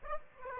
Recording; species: mosquito wingbeat signal from an infrared sensor; Aedes aegypti